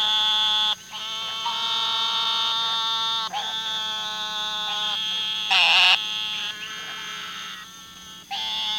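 Eastern narrow-mouthed toads in a dense chorus of overlapping nasal buzzes, a nearly continuous drone with one sharper, louder bleat near the middle and brief dips between calls.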